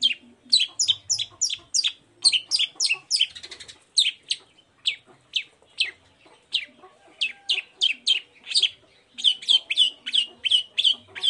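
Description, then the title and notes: Long-tailed shrike song: varied high, downslurred notes in quick irregular runs, some scratchy, continuing steadily throughout with a denser burst toward the end. Cendet heard in the morning, a lively song full of varied 'toet toet' notes, used as a lure to provoke other shrikes into answering and singing along. "Cendet Gacor Dor Di Kala Pagi Toet Toet Variasi Suara. Pancingan Emosi Cendet Gacor Full Variasi Toet Toet Bikin Nyaut Cendet Lain Langsung Ikutan Bunyi. Burung cendet"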